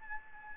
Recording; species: mosquito wingbeat signal from an infrared sensor; Aedes albopictus